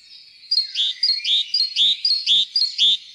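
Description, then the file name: Great tit song: a steady run of about five high, clear two-syllable phrases delivered in an even, rocking rhythm. "kjoettmeis"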